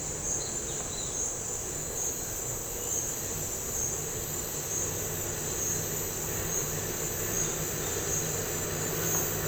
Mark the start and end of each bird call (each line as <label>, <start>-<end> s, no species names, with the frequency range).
bird call (2.5-4.7 kHz), 0.33-1.19 s